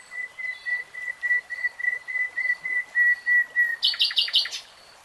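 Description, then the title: Nightingale song: a steady series of pure whistled notes on one pitch, repeated about three times per second, ending in a harsh rapid rattle. Nightingale singing in real time. "[Tiếng chim hót] 3 Hours REALTIME Nightingale Singing"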